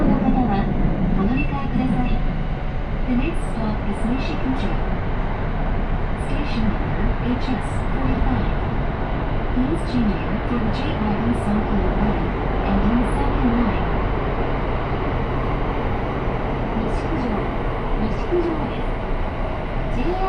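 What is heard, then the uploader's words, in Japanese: A steady, dense low rumble from a train ride in Japan runs unbroken through the whole stretch. Murmured voices rise and fall over it, and faint, brief high clicks or squeaks recur every second or two. 鉄道旅 汐見橋→岸里玉出→なんば→大物。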